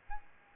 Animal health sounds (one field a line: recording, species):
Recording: mosquito wingbeat signal from an infrared sensor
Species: Aedes albopictus